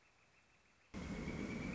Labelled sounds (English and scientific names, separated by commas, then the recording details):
Northern Flicker (Colaptes auratus)
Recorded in Sonoma County, California